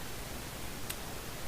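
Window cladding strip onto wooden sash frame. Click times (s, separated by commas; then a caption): 0.9 s. A plastic/vinyl cladding strip, hooked onto the outer edge of a new wooden window sash frame, is pressed down until it snaps into place. Over a steady hiss, a single sharp, short snap is heard at 0.9 s. The cladding is seated on the sash frame.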